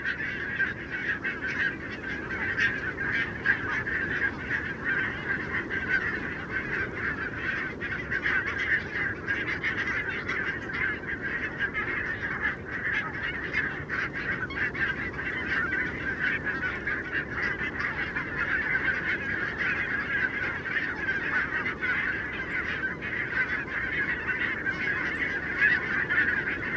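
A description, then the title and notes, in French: A huge wintering flock of barnacle geese calls without pause, thousands of yapping honks merging into a dense, steady chatter. The din stays even throughout, bright and nasal, with individual calls flicking out of the mass every moment over a low rumbling undertone. Murmures de l'hiver - Vingt milles bernaches. Renesse - Pays-bas - Nagra LB - Telinga P7. Les hivers peuvent être très bruyants comme le démontre cette rencontre avec 20 000 Bernache nonnette ( Branta leucopsis) en Hollande sur leur lieu d'hivernage.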